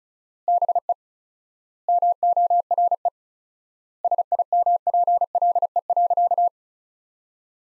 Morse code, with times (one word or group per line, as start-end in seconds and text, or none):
0.5-0.9 BE
1.9-3.1 MORE
4.0-6.5 SIMPLE.